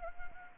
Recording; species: mosquito wingbeat signal from an infrared sensor; Anopheles gambiae